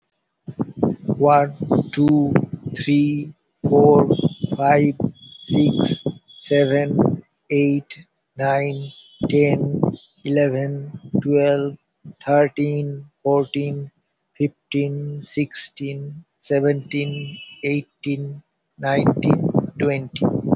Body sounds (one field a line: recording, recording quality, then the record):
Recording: counting at a normal pace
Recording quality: moderate, slight background noise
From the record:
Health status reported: healthy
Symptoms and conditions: hypertension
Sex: male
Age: 49 years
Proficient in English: yes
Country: India